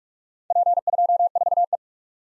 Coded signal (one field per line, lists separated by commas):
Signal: Morse code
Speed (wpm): 41 wpm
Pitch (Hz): 700 Hz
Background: none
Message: P24E